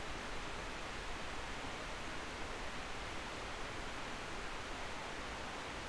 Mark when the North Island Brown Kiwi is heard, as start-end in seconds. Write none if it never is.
none